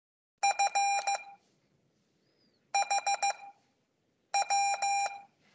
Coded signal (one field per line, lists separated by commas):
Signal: Morse code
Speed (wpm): 15 wpm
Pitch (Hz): 800 Hz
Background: none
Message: F HW